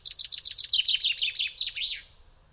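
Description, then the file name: Common chaffinch song: a bright, rapid run of high notes in several phrases, closing with a quick flourish after about two seconds. "Fringilla coelebs"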